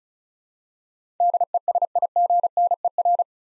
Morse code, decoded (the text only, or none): DESIGNER